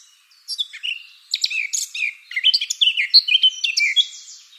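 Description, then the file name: Eurasian blackcap song: a brisk, varied warble of short chirps and scratchy notes that turns into louder, clear fluty whistles in the second half. "Sylvia atricapilla"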